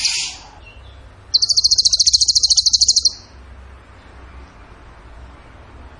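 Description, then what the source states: Bird song: one high, rapid trill of evenly spaced pulses lasting under two seconds, with quiet afterwards. Masteran training recording of bird song in the tembakan gacor style.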